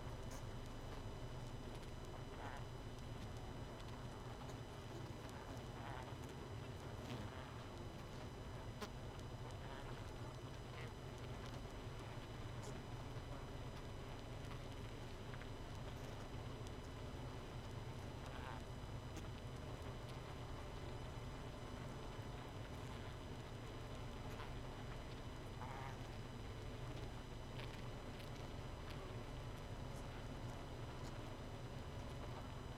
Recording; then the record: honeybee colony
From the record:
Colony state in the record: missing queen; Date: 31 May 2018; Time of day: 21:52